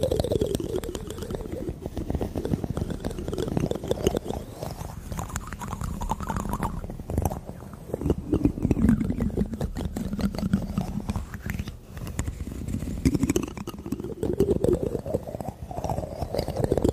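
Dense mouth sounds run nonstop: wet clicks, smacks and chewing-like noises packed tightly together, heavy in the low and middle range. The texture stays busy and steady throughout, with a few soft dips around seconds 7, 12 and 13.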